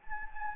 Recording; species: mosquito wingbeat signal from an infrared sensor; Anopheles gambiae